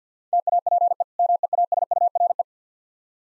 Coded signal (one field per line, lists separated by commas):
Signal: Morse code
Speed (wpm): 45 wpm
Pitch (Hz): 700 Hz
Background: none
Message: TAPE MEASURE